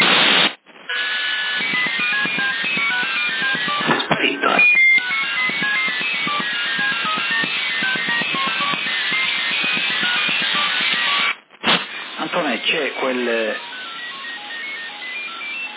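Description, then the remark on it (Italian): Shortwave radio hiss in USB mode filled with many overlapping short beeps, a rapid, jumbled multiple beeping like a radiosonde signal, steady and fairly loud, with a brief voice and a couple of dropouts. “quel bip multiplo in USB che disturba molto. Dovrebbe essere un pallone sonda, non lo so, sentato un pallone sonda.”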